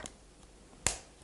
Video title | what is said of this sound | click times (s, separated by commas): 06 Step1 Lesson 1 Up and Down, the Submarine | And you will hear a snap like that. And now the nut doesn't fall out. | 0.9 s